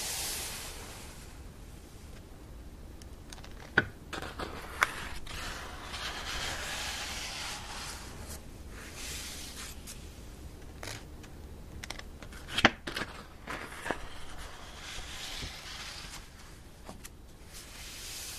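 Pages of a book are turned in a steady series of soft, papery swishes and rustles. Sharp little snaps stand out around four, five, thirteen and fourteen seconds, with brief quiet pauses between turns and a faint low rumble underneath.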